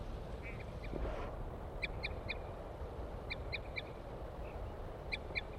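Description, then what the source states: Crossbill giving short tooting calls in quick sets of two or three, repeated several times, over low rumbling background noise. Wild female arrives near her nest giving toots.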